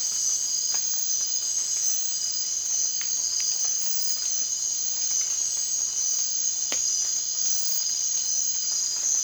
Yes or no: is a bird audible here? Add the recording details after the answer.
no. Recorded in dense forest near Puerto Asís, Putumayo, Colombia, on 27 June 2025 at 01:30. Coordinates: 0.468, -76.322. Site GP03